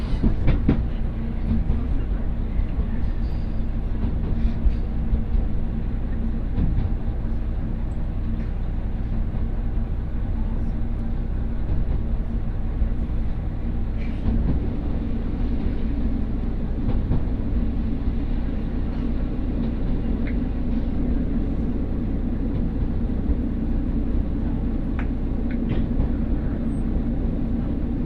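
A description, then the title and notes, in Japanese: A ride aboard a local railway train between two stations, heard from inside. A steady, dense low rumble of wheels and motor holds at an even level throughout, with occasional faint clicks and rail knocks around the middle and near the end. 水島臨海鉄道 三菱自工前→倉敷市。この路線は貨物輸送も多く、単線から分岐する時の速度制限もきついせいであまりスピードが出せないのがネックかな？という感じでした。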